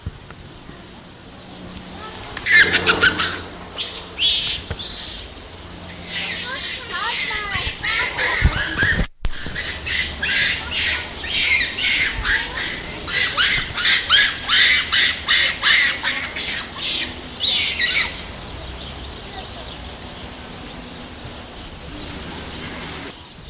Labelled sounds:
Lar Gibbon (Hylobates lar) call
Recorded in captivity
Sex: male
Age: adult
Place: Zoo Berlin, Berlin, DE
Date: 2000-09-07 15:40
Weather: heiter, 16°C
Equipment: Nagra SN, Kopie Uher 4000 Report Monitor
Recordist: Tembrock, Günter
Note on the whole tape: Männchen: Laute und Lautfolgen (auch Laute eines jüngeren Männchens). Kopiereffekte, sonst sehr gute Aufnahmequalität

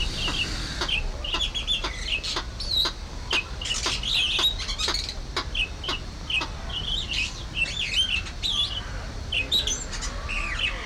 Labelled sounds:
Golden-breasted Starling (Lamprotornis regius)
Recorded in captivity
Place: Zoo Berlin, Berlin, DE
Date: 1992-08-01 12:10
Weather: sonnig, 24-26°C
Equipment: Marantz CP 430, Sennheiser ME 80, Kopie Tesla B 116
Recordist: Tembrock, Günter
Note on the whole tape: Gesang

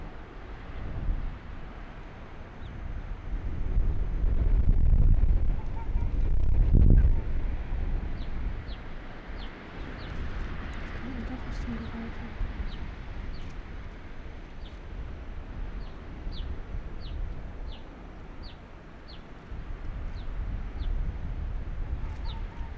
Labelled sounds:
Arctic Fox (Vulpes lagopus)
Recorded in the wild
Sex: male
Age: adult
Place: Insel Mednyi, Kommandeur-Inseln, RU
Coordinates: 54.5167, 168.083
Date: 1999-07-08 21:03
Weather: Nebel, 6°C, starker Westwind
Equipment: Sony WM-D6C, Sennheiser ME 80, K 30 AV, Windkorb, Kopie Tascam DA 30
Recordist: Jakupi, Antje
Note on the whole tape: Südosten der Insel, Geröllfeld: Polarfuchs (Alopex lagopus). Tier bellt ganz dicht - Wechselbellen. Fünf Bellstrophen, z.T. übersteuert!!! Rüde Violett/Grün 71 und anderes Tier. Rüde Violett/Grün 71 hat mich gesehen und kommt zu mir. Anderes Tier ist im Nebel nicht zu sehen. Im zweiten Teil der Aufnahme ist Rüde Violett/Grün 71 gut ausgesteuert!!! Nordwestrand des Geröllfeldes

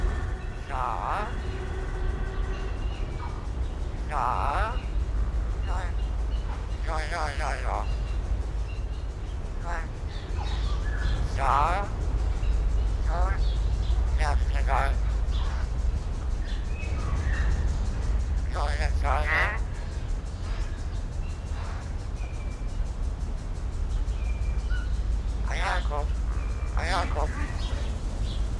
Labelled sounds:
Common Hill Myna (Gracula religiosa)
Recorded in captivity
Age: adult
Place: Zoo Berlin, Berlin, DE
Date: 1993-08-04 18:53
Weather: heiter,25 °C
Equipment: Marantz CP 430, Sennheiser ME 80, Kopie Uher Variocord 263
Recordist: Tembrock, Günter

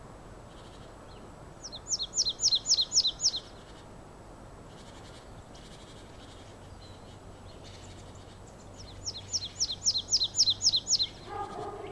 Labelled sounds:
Marsh Tit (Poecile palustris)
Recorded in the wild
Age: adult
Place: Bled, SI
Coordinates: 46.37, 14.11
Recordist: Brunner, Thomas

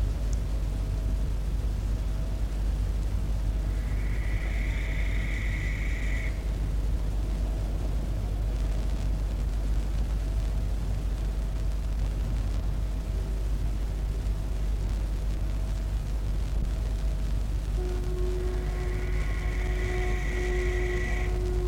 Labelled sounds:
Western Barn Owl (Tyto alba) flight call
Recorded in the wild
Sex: pair
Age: adult
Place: Klein-Neundorf, Lausitz, Sachsen, DE
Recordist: Meyer, Hugo

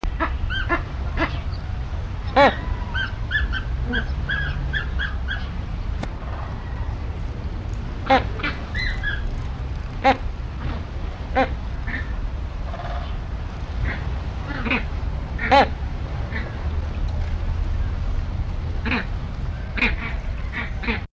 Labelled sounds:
Andean Flamingo (Phoenicoparrus andinus)
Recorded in captivity
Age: adult
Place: Zoo Berlin, Berlin, DE
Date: 1994-08-27 12:15
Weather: heiter, 16-22°C
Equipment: Marantz CP 430, Sennheiser ME 80, Kopie Uher Variocord 263
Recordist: Tembrock, Günter
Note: Kurzlaute (dunkel) im Vordergrund, putzt dazwischen - Entfernung 50 cm. Im Hintergrund wohl James-Flamingo

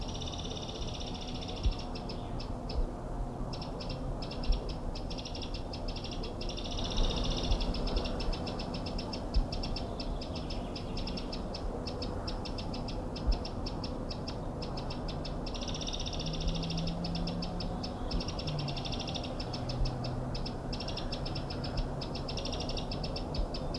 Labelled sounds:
Eurasian Wren (Troglodytes troglodytes)
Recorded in the wild
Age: adult
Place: Mirnock, Kärnten, AT
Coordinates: 46.758, 13.714
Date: 1967-04-30
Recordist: Brunner, Thomas

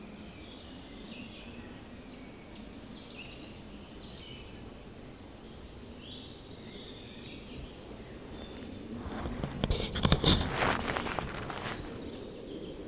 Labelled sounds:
Common Nightingale (Luscinia megarhynchos) song
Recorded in the wild
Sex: male
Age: adult
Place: Waldsieversdorf, Rotes Luch, Brandenburg, DE
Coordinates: 52.5222, 14.0303
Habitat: garden
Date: 1992-04-30 13:15
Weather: fair, 15°C
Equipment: Aiwa HD-S1, Sennheiser ME 80, Hochpass 1000 Hz
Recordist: Frommolt, Karl-Heinz
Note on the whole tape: Nähe Bahnhof Rotes Luch: Gesang. Singt hinter Traubenkirschenbaum

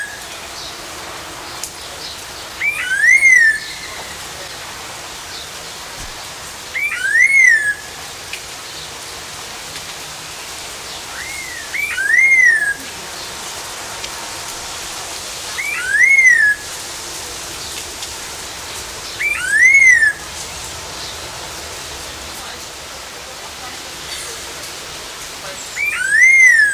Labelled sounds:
Red-tailed Laughingthrush (Trochalopteron milnei) call
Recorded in captivity
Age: adult
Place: Zoo Berlin, Berlin, DE
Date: 1999-09-04 11:41
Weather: sunny, 21°C
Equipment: Sony WM-D6C, Sennheiser ME 80, Kopie Uher 4000 Report Monitor
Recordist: Tembrock, Günter

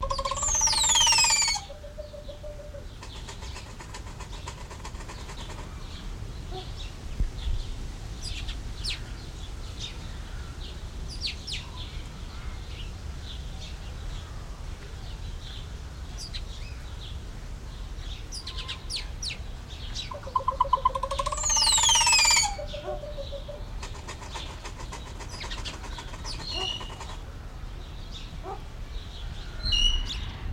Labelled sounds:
Crested Oropendola (Psarocolius decumanus)
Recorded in captivity
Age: adult
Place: Zoo Berlin, Berlin, DE
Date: 1994-06-25 12:09
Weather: sonnig, 18-25°C, Wind
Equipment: Marantz CP 430, Sennheiser ME 80, Kopie Uher Variocord 263
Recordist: Tembrock, Günter

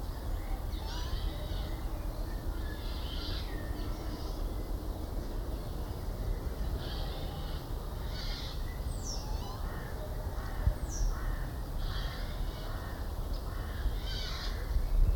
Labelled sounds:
European Starling (Sturnus vulgaris)
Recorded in the wild
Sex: male
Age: adult
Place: Schloßpark Niederschönhausen, Berlin, DE
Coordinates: 52.53, 13.41
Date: 1995-05-25 19:23
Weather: heiter, 23°C
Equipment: Marantz CP 430, Sennheiser ME 80, Kopie Uher 4000 Report Monitor
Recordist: Tembrock, Günter

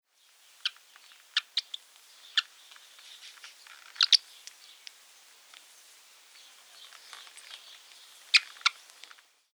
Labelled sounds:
Golden Eagle (Aquila chrysaetos)
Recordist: Tembrock, Günter
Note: Rufe eines Kükens

